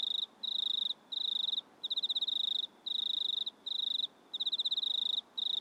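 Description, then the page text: Cricket trilling in high pulsed bursts with short gaps, some pulses audibly separated, with a quiet background hiss. Crickets recorded at night in a country town in Australia, in stereo. "Insects Crickets Australian Night Loop Stereo. Sounds recorded at night in a country town"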